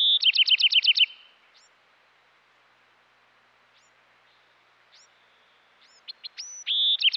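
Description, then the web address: Bewick's wren song: a rapid buzzy trill opens, a long near-silent gap with a few faint high notes follows, then sharp notes lead into a sustained buzzy phrase at the close. Western North America. "Dan Gibson Wildlife Identification By Sound, Western North America. Bewick's Wren"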